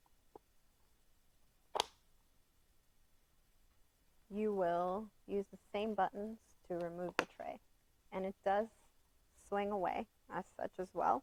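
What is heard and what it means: The side brackets of a Joovy Qool stroller's snack seat tray are pushed into the stroller frame mounts and snap into place, with a faint click at 0.4 s and a sharp click at 1.8 s. The tray is seated, and afterward someone talks.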